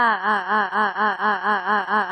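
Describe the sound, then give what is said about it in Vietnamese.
A nurse coming off shift screams from the direction of an elevator: a woman's piercing scream, voiced as a string of about eight rapid, wavering pulses that rise and fall in pitch, loud and unbroken, with no talking. “Phương hướng thang máy truyền đến một tiếng thét chói tai của nữ tính.”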